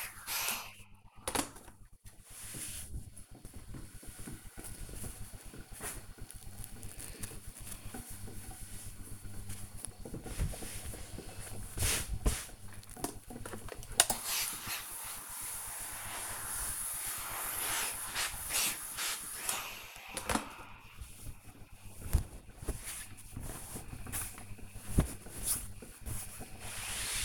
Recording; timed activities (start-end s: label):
household activities, microphone on the right wrist
0.00-26.28 s: ironing laundry